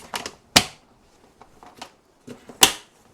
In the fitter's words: अगर ये टक टक की आवाज नहीं आई तो मतलब ये लॉक नहीं हुआ है, समझ रहे हो आप?